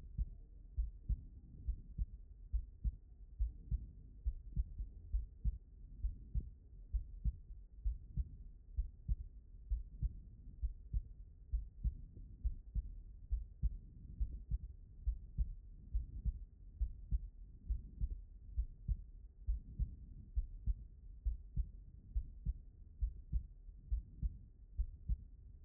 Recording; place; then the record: heart sounds by stethoscope; aortic valve (AV)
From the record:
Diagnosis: non-HFrEF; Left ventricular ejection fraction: 65%